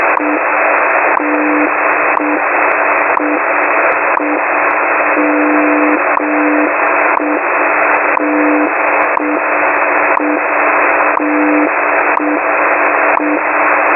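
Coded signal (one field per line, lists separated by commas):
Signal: radio time signal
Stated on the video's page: WWV time signal with a weather warning, received via the University of Victoria WebSDR.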